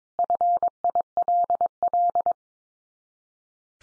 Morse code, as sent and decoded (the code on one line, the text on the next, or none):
..-. .. .-.. .-..
FILL